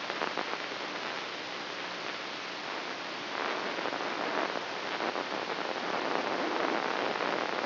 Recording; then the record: brain microelectrode recording played as sound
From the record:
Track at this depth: inside the subthalamic nucleus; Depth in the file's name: 1.33 mm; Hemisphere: right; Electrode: 3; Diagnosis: Parkinson's disease